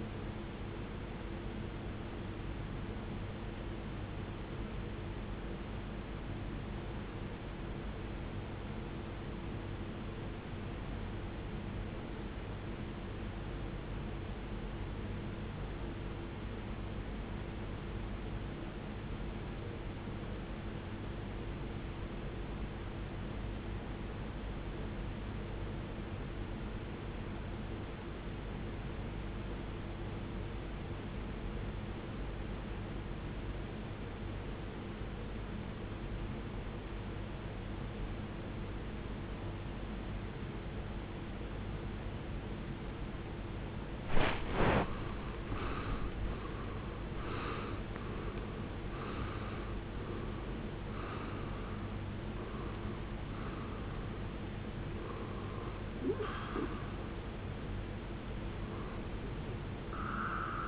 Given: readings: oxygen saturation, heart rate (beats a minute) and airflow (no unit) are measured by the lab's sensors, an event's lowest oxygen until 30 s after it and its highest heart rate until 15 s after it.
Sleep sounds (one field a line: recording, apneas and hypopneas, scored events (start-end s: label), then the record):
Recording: breathing in sleep by a voice recorder at the bedside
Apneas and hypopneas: 1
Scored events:
7.00-45.50 s: obstructive apnea (N1, oxygen 94% highest, then 79% lowest, heart rate 54 at the start, 85 highest)
10.00-40.00 s: new sleep stage, REM sleep
40.00-60.68 s: new sleep stage, N1 (lightest sleep)
From the record:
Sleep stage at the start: N1 (lightest sleep)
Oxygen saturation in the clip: 80 to 94%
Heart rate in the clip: 50 to 85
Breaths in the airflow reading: 6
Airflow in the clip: -17.8 to 16.7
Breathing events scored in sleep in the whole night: 389 in 6.3 hours asleep